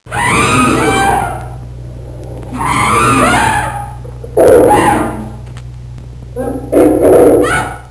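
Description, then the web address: Orangutan calls: four loud, harsh, roaring bursts, each lasting about one to one and a half seconds, separated by quieter gaps, over a steady low hum. "Soundsation. Animals Orangutans"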